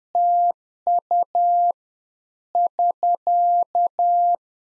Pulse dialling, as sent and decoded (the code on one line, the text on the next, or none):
none